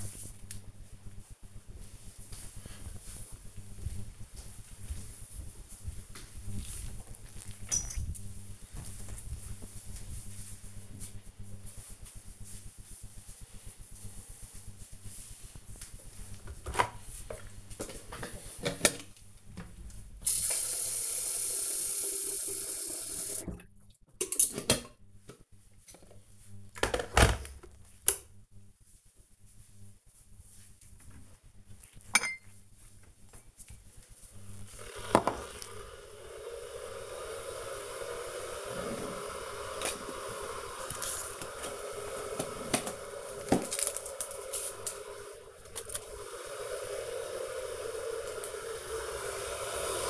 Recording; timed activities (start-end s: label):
household activities, microphone on the right wrist
15.45-50.10 s: making tea